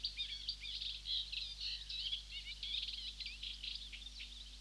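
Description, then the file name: Reed bunting: rapid, high, scratchy notes running without pause over a faint low hum. "Reed Bunting (Emberiza schoeniclus)"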